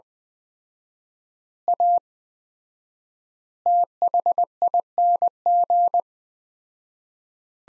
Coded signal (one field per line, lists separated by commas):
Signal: Morse code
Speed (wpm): 20 wpm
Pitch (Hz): 700 Hz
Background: none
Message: A THING